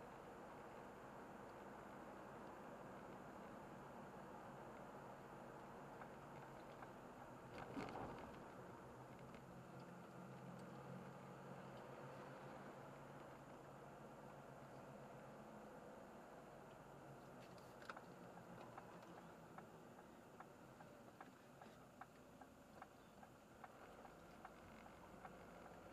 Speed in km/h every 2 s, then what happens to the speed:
55, 54, 53, 52, 49, 52, 55, 56, 50, 44, 27, 21, 24.
0-9 slows to 49. 9-11 speeds up to 55. 15-22 brakes to 21.